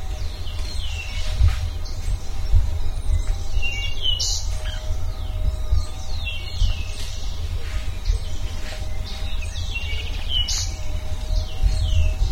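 Bird calls: bursts of high chirps and down-slurred whistles repeated every few seconds over a constant low rumble.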